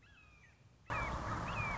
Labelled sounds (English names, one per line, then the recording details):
Red-shouldered Hawk
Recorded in Sonoma County, California